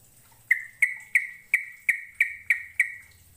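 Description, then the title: Bird chirps: eight bright, even notes, each a sharp start sliding into a short steady tone, repeated about three times a second. "Kicau Burung"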